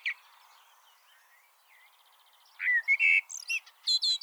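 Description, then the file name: Common blackbird song: after a quiet start with faint chirps, a fluty warbled phrase breaks into a series of high, squeaky twittering notes. "Turdus merula"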